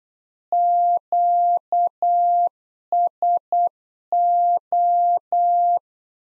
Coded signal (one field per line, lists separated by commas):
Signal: Morse code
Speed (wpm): 8 wpm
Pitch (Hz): 700 Hz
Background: none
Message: QSO